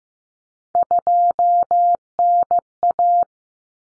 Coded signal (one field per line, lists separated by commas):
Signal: Morse code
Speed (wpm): 15 wpm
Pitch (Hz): 700 Hz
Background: none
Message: 2NA